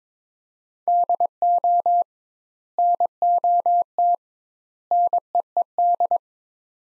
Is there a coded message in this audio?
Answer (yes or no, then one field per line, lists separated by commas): yes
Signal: Morse code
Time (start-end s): 0.9-6.2 s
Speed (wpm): 22 wpm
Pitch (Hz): 700 Hz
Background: none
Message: DO NOT NEED